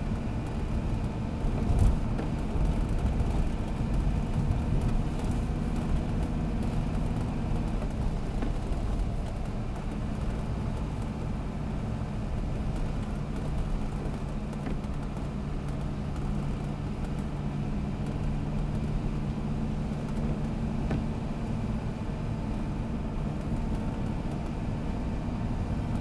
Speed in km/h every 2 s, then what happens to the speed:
76, 78, 78, 79, 77, 75, 74, 72, 72, 73, 74, 77, 77.
0-7 steady at about 78. 7-16 slows to 72.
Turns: none.